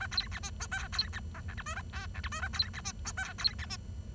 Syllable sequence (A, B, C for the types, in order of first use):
A B C D E F B C G H I J A K H I J A B C D E F B C D